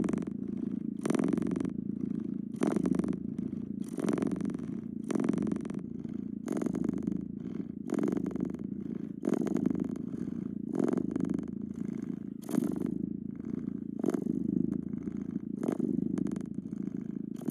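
A cat purrs, a steady low rumble that swells and eases with each breath. Brighter rasping bursts come roughly every second or so as it inhales, keeping an even rhythm across the whole stretch.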